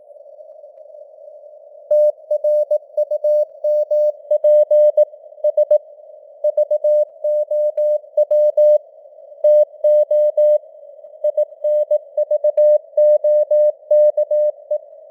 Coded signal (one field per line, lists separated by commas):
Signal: Morse code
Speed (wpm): 18 wpm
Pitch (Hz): 600 Hz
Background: none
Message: TRUMP S VOW TO INVOKE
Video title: Morse Code News | 2025-10-08 | 18wpm